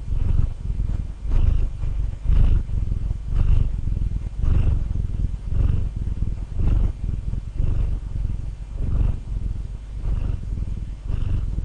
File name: Purring Domestic Cat Turbo